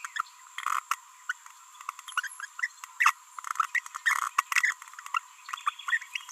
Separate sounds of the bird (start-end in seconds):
0.16-0.21, 0.91-0.94, 1.29-1.32, 2.17-2.27, 2.60-2.67, 3.00-3.11, 3.75-3.79, 4.06-4.28, 4.39-4.41, 4.52-4.72, 5.14-5.18, 5.67-5.70, 5.88-5.97